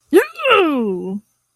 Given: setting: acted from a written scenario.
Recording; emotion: vocal sound without words; triumph